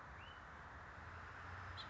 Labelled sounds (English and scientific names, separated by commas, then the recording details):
House Finch (Haemorhous mexicanus)
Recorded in Sonoma County, California